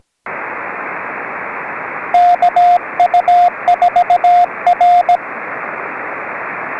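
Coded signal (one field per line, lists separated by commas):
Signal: Morse code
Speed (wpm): 18 wpm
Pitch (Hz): 710 Hz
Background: radio noise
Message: KU4R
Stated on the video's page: Summits on the Air CW activation in the field, keyed with prototype circuit-board CW paddles from a kit, on an FT-817ND transceiver.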